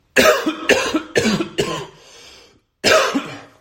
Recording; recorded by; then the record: voluntary cough; messaging app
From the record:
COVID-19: negative